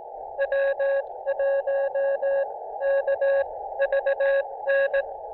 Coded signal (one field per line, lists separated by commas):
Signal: Morse code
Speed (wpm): 18 wpm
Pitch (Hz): 560 Hz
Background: none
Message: W1KVN